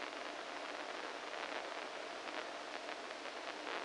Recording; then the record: brain microelectrode recording played as sound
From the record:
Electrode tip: inside the subthalamic nucleus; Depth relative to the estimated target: -1 mm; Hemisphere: right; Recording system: NeuroSet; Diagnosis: Parkinson's disease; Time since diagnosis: 14 years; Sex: male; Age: 51 years